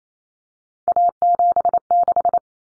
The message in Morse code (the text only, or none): A76